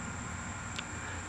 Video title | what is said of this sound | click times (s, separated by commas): MINI Cooper R53 to R56 brake swap | and just push it down into the little slot until it clicks | 0.8 s